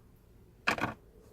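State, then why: Seated. The plastic connector of the screen ribbon cable is pushed firmly back into its socket on the dashboard infotainment display unit of a 2019+ Edge with SYNC 3. A sharp click sounds at 0.7 s, followed by a softer second click at 0.8 s, then quiet. The connector is seated.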